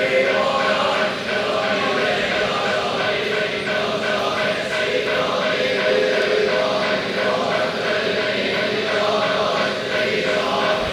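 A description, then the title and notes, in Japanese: A morning service at Minobusan, with a dense, steady mass of voices chanting together on sustained mid-range tones. The level hardly changes across the whole stretch, and a faint regular pulse runs beneath the chanting, keeping an even pace throughout. 身延山の朝勤（フィールド録音）。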